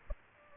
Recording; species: mosquito wingbeat signal from an infrared sensor; Aedes aegypti